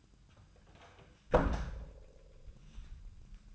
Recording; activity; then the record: daily activity, microphone in the room; close door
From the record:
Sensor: 2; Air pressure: 1004.8 hPa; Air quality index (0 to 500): 74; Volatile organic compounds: 1 ppm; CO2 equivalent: 875 ppm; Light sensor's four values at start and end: 7/16/6/7 and 7/16/6/7